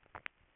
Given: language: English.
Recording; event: throat vibration sensor signal played as sound; swallow